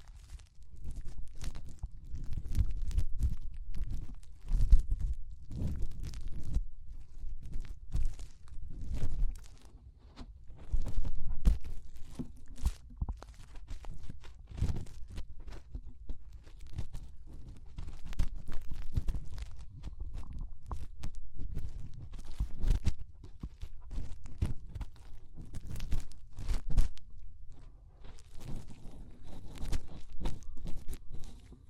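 Fingers rub and press inside an ear, making dense, muffled low thumps and crackly scratches that flicker irregularly throughout, with sharper pops now and then.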